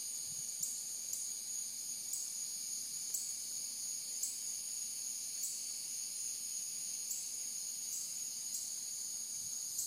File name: Cicada Insects 8 26 13 8 07 PM